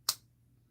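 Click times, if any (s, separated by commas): 0.1 s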